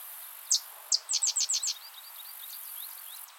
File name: Cistothorus stellaris - Sedge Wren